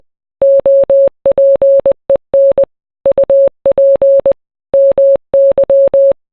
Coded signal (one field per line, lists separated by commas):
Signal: Morse code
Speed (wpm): 20 wpm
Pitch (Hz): 550 Hz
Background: none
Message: OPEN UP MY